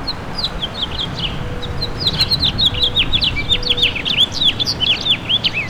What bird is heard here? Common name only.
House Finch